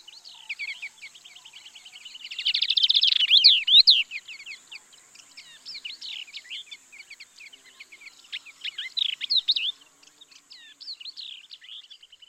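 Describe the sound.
Yellow-eyed babbler calling: continuous busy chatter of quick trilled and slurred whistles, swelling loudest around the third second, then softer phrases continuing throughout.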